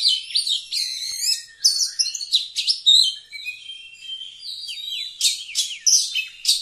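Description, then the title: Oriental magpie-robin singing varied whistled phrases, including a run of descending slurred notes, mixed with scratchy chatter. Singing actively (gacor). "Kacer Gacor"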